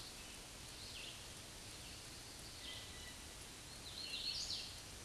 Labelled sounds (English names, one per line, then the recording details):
Hooded Warbler song
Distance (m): 45 m
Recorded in a Pennsylvania forest on 18 May 2023 at 11:01
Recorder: AudioMoth, point grid1_7_low
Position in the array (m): 131 m, 104 m